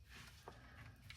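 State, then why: Not seated. A small plastic part is handled and pressed toward the metal body of a restored Tonka AA Wrecker toy tow truck, with soft rubbing and scuffing plus brief sharp taps around 0.5 s and 1.1 s. Nothing has seated or snapped in yet.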